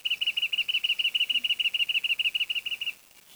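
Bird trill: a fast, even series of high chirping pulses, held for nearly three seconds before stopping.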